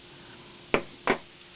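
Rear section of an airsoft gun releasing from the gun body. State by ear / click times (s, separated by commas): released / 0.7 s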